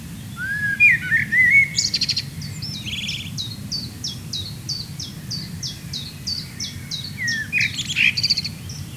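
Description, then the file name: Common blackbird: fluted whistles open, then a long run of evenly spaced, sharp high notes repeated quickly, ending with more twittering; quiet background. "Turdus merula"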